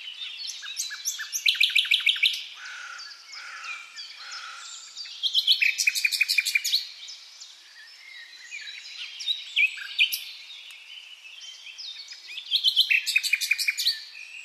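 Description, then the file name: Common nightingale in full song, mixing dense fast trills, buzzy low repeated notes and high whistled slurs across several loud bursts separated by quieter warbling. "Luscinia megarhynchos"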